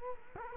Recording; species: mosquito wingbeat signal from an infrared sensor; Culex quinquefasciatus